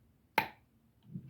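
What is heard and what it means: The battery compartment cover of a Better Geiger S2L handheld Geiger counter is placed on top of the battery compartment and slid up, giving one sharp, bright click at 0.4 s that quickly fades. A soft low rumble follows near the end, and the cover is confirmed seated in place.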